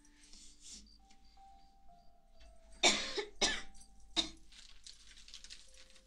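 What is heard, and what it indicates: Three abrupt, harsh coughs within about 1.5 seconds from an adult woman with a cold and a fairly severe cough, against a quiet room background. She has a persistent urge to cough, her throat itches when she talks, and she has trouble speaking.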